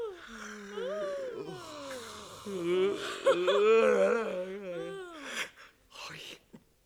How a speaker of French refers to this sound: Tiens, tu vois, quand t'as envie de bâiller, tu bâilles comme tout le monde. Oh, c'est idiot, tiens. Maintenant, je vais pouvoir bâiller tranquillement.